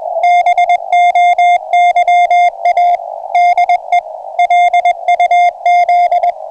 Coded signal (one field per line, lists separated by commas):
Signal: Morse code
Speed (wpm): 20 wpm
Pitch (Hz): 700 Hz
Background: music, radio noise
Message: BOYA DE LUZ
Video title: Marinha Uruguaia CW 8.602 Khz - Aviso aos Navegantes: homem ao mar sem salva vidas.